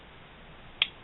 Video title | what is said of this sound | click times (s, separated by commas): Colt SAA .45 Stagecoach | till it clicks you would insert one cartridge | 0.8 s